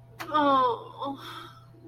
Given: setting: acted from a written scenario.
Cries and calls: vocal sound without words; sadness

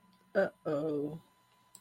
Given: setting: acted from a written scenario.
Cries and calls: vocal sound without words; embarrassment

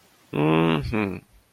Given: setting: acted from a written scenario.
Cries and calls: vocal sound without words; neutral

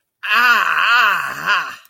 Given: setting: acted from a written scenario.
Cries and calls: vocal sound without words; pain

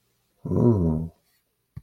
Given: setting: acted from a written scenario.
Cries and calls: vocal sound without words; romantic love

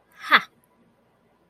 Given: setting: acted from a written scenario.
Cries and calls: vocal sound without words; pride

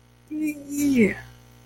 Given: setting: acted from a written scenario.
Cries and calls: vocal sound without words; interest

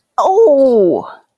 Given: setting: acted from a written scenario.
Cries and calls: vocal sound without words; pain

